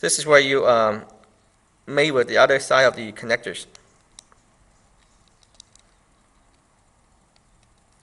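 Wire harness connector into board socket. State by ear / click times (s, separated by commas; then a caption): not seated / none. Someone talks while handling a small multi-wire plastic wire harness connector that goes into its mating socket on a drone board. After the talking stops, faint, sharp handling ticks are heard. The connector is not yet home, and nothing has seated or clicked yet.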